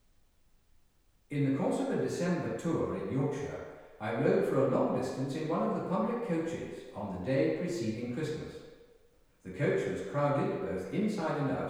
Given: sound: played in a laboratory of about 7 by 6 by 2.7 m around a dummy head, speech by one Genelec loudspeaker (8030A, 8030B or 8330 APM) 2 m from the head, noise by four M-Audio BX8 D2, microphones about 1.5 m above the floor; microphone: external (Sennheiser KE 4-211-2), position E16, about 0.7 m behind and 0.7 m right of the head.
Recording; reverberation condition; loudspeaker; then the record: male speech in English; high; 30 degrees to the left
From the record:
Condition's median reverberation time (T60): about 1300 ms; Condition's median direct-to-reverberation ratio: about -4.0 dB